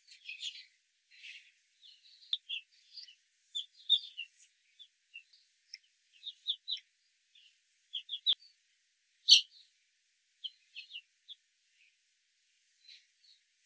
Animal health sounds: young laying hens in a cage, short pieces joined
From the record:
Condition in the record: control cage, after the stress test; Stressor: none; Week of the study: 4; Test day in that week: 1

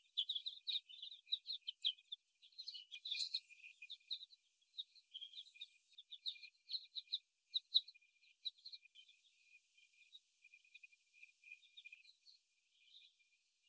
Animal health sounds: young laying hens in a cage, short pieces joined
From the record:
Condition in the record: after the stressor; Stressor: simulated dog barking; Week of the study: 1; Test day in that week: 1

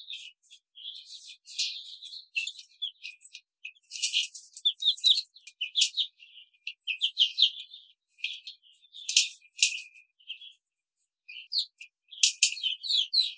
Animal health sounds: young laying hens in a cage, short pieces joined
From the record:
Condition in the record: control cage, after the stress test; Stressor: none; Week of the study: 5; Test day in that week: 1

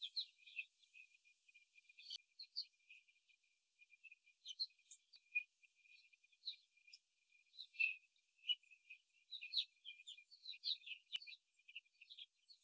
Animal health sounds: young laying hens in a cage, short pieces joined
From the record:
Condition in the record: before the stressor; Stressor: simulated dog barking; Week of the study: 3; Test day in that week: 2

